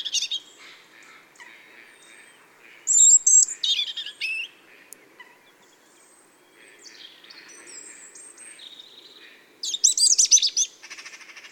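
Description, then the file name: European robin song: short bursts of very high, tinkling, jumbled notes separated by long quiet gaps with faint thin whistles. "Erithacus rubecula"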